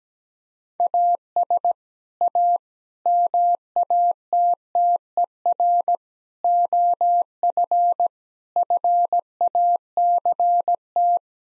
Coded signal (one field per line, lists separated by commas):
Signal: Morse code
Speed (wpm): 17 wpm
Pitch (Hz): 700 Hz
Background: none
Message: AS A MATTER OF FACT